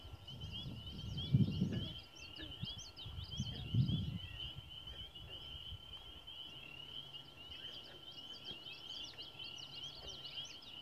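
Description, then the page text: Green frog giving two low gulping calls about two seconds apart, over a steady high trill. Recorded in Maryland. "Maryland Biodiversity. Green Frog ( Lithobates clamitans )"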